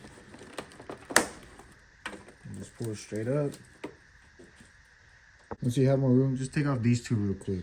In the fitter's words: You're going to hear it click when you take it out.